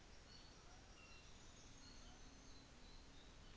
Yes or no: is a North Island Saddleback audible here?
no